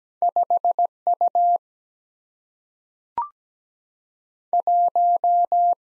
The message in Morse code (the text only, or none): 5 U 1